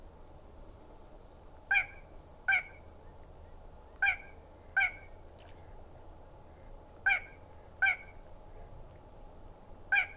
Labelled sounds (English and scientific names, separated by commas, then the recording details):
Little Crake (Porzana parva) song
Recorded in the wild
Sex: male
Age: adult
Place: Gartz (Oder), Nationalpark Unteres Odertal, Brandenburg, DE
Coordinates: 53.1, 14.35
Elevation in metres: 1
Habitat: wetland
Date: 2016-04-22 22:28
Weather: clear, 5°C, almost windless
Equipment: Sound Devices 702, Sennheiser MKH 70, Rycote Windschutz
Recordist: Frommolt, Karl-Heinz